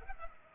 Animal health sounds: mosquito wingbeat signal from an infrared sensor; Culex pipiens

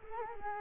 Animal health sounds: mosquito wingbeat signal from an infrared sensor; Culex quinquefasciatus

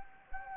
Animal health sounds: mosquito wingbeat signal from an infrared sensor; Anopheles gambiae

